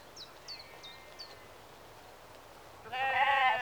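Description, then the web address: Sheep giving one loud harsh bleat near the end, preceded by a few sharp repeated bird calls over quiet outdoor ambience. Sheep in a rural exterior atmosphere, early evening, recorded mid close. "BBC Sound Effects Library BBC 52-Exterior Atmospheres-Rural Backg 10 Sheep Early Evening-Mid Close"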